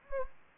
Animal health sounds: mosquito wingbeat signal from an infrared sensor; Anopheles gambiae

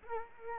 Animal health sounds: mosquito wingbeat signal from an infrared sensor; Culex quinquefasciatus

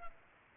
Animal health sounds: mosquito wingbeat signal from an infrared sensor; Culex pipiens

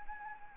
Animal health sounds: mosquito wingbeat signal from an infrared sensor; Anopheles arabiensis

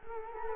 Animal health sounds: mosquito wingbeat signal from an infrared sensor; Culex quinquefasciatus

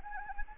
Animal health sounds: mosquito wingbeat signal from an infrared sensor; Anopheles arabiensis

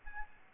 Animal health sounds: mosquito wingbeat signal from an infrared sensor; Aedes albopictus

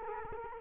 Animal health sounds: mosquito wingbeat signal from an infrared sensor; Culex quinquefasciatus

